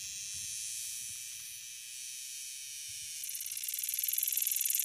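Cicada buzzing call, a high hissing drone that breaks into rapid, rhythmic pulses growing louder over the last seconds.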